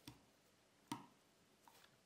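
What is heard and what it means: A flex cable connector is pressed onto its socket on an iPhone 7 logic board, with a faint tick at 0.1 s before a sharp snap at 0.9 s. A softer tick follows at about 1.7 s, and the connector is seated.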